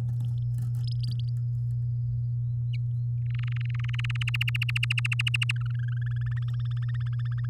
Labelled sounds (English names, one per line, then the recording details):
Domestic Canary song
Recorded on 8 May 2018 at 12:44
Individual llb16